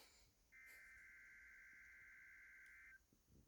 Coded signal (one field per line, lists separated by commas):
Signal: Emergency Alert System (SAME) tones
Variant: header bursts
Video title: Required EEEEEE On WZ2560! (EAS #106)